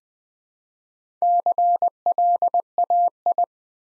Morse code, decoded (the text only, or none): CLAI